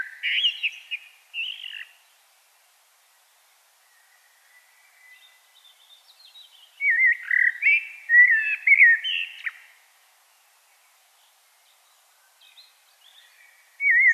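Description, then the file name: Common blackbird song, short fluty notes at the start, then a long rich warbled phrase midway and another beginning at the very end. "Turdus merula"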